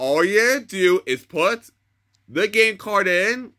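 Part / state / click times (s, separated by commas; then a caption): game card into handheld console card slot / not seated / none. Someone talks while a plastic Mario Kart game card is being put into the card slot of a Nintendo Switch handheld console behind the opened slot door. Only speech is heard, with a pause around 1.7–2.3 s. The card has not clicked or seated yet.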